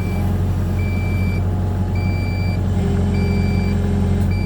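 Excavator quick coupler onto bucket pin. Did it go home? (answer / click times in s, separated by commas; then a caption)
no / none. On a Cat 305 excavator, the steel quick coupler is swung up and over and lined up with the bucket's front pin, ready to be pushed down to snap on. A steady engine and machine drone runs throughout, with intermittent high beeping tones. Nothing has clicked or seated yet.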